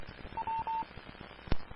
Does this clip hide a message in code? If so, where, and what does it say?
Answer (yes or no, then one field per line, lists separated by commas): no